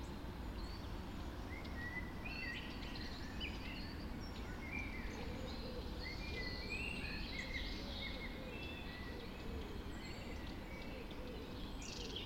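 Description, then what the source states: Several birds singing in a dawn chorus, short whistles and chirps dotted throughout above a dense, even low rumble. Dawn chorus recorded just after dawn in the Forest of Dean.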